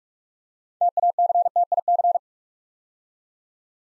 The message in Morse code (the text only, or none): TACTIC